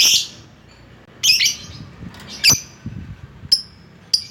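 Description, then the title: Lovebird calls, a loud rasping squawk followed by several shorter sharp chirps spaced unevenly. Lovebird calling a rival. "Lovebird Memanggil Lawan"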